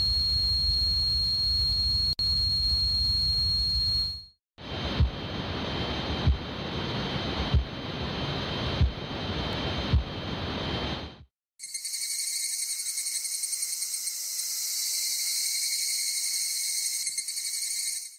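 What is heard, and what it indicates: Series of synthesized tinnitus sound simulations: broadband noise with steady high-pitched tones, including a pulsing sound, a whooshing sound, and an ocean-like roaring sound.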